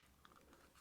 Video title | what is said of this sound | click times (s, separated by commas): Hot Bodies D8T - Fitting the HPI Vorza Nitro Radio Tray | then you can push this over until you hear a click. | 0.2 s